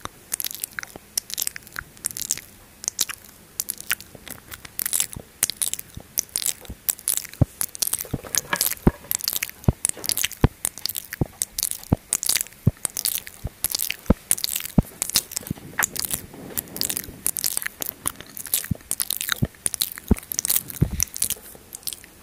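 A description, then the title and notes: Intense mouth sounds fill the whole stretch: rapid wet clicks, crunches and bites packed several to a second, bright and crisp up top. A soft low murmur sits underneath, and the bursts come in uneven clusters rather than a steady beat. Very intense mouth Sounds ASMR.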